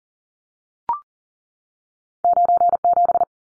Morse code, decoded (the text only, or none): 97